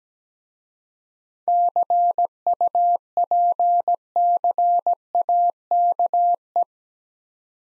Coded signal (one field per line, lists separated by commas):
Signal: Morse code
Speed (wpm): 17 wpm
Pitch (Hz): 700 Hz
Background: none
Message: CUPCAKE